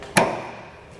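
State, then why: Seated. A metal rack receiver for a Stealth Hitches hidden hitch on a 2016 Volvo XC90 is pushed up into place and automatically latches with one sharp click at 0.2 s. The click is followed by a short fading ring over quiet background, and the receiver is seated in the hitch latch.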